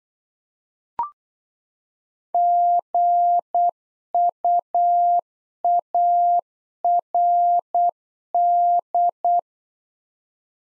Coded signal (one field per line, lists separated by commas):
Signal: Morse code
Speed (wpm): 8 wpm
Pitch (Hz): 700 Hz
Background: none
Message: GUARD